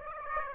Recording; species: mosquito wingbeat signal from an infrared sensor; Aedes aegypti